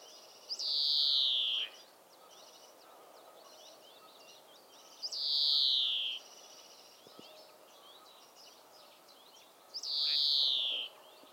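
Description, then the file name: European greenfinch repeating a long wheezy, downward-sliding buzz three times, roughly every four to five seconds, over quiet background twitters. "Chloris chloris"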